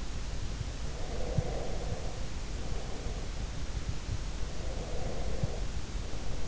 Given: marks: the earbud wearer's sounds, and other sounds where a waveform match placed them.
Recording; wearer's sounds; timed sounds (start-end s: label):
sounds in sleep by an in-ear microphone; breath
0.91-3.28 s: breath
4.51-6.46 s: breath